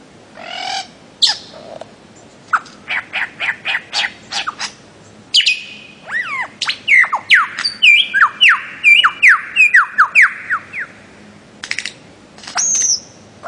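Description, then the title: Bird-of-paradise song with staccato chips followed by a rapid series of down-slurred whistles, then a short high note. Master song used for training songbirds. "Kicau Master Cendrawasih"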